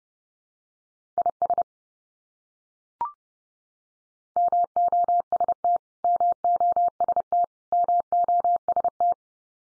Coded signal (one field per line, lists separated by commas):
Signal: Morse code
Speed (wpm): 30 wpm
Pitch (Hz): 700 Hz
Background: none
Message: IS MOST MOST MOST